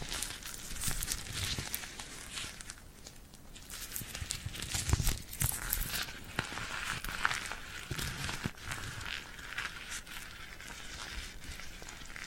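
Sticky, tacky hand sounds fill the clip, with fingers and palms pulling apart in a dense, uneven stream of crackly peeling and crinkling noises. The texture stays bright and busy throughout, with sharper snaps near four to five seconds and around eight and a half seconds.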